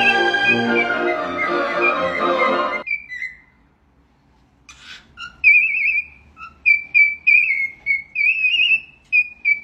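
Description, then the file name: Cockatiel whistled song: after a loud burst of broad harmonic noise and a short pause, a string of quick, bright warbled whistles follows, some notes rising and falling. "Nymphensittich singt"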